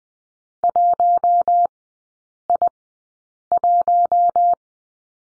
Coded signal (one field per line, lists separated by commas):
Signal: Morse code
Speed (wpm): 20 wpm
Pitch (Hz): 700 Hz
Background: none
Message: 1I1